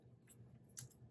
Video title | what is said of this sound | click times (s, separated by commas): STATIONERY HAUL // New Sailor Pro Gear Slim, Sailor Hocoro Dip Pen & Stamps! | so does it go all the way? Oh, I heard it click. | 0.8 s